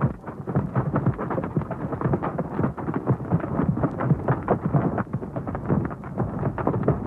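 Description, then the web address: Rhinoceros hoofbeats: a dense, unbroken rumble of heavy overlapping thuds from many feet, steady for the whole seven seconds, with no calls. Herd of rhinoceroses; sound of their hooves. "SFXSource AOS Rhinoceros Herd Hooves"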